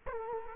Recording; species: mosquito wingbeat signal from an infrared sensor; Culex quinquefasciatus